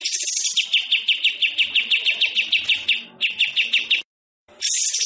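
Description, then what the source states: White-rumped shama song: a rapid run of bright, clipped whistled notes repeated several times a second over a high buzzy hiss, a brief pause, then the hiss returns. Masteran recording of song used to train caged songbirds.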